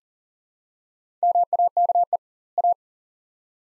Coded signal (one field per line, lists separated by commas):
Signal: Morse code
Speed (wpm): 40 wpm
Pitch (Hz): 700 Hz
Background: none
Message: MAKE A